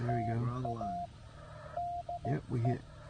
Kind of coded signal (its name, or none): Morse code